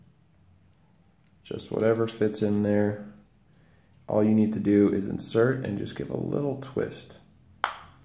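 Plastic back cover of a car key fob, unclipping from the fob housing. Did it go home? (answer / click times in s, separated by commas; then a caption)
released / 7.6 s. A flathead screwdriver is inserted into the slot at the bottom of a plastic key fob for a 2018–2021 Jeep Wrangler and twisted, while someone talks. At 7.6 s the snap-fit plastic back cover releases from the fob housing with a sharp pop, and it starts to come off.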